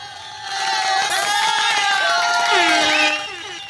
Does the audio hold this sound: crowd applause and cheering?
yes